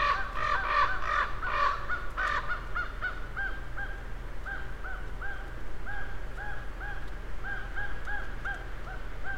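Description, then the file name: Raven calls: a few loud, harsh croaks at first, then a long run of short, nasal, arched notes repeated two to three times a second over a steady low hum. Several ravens, recorded on 23 October 2008. "20081023 ravens 0833"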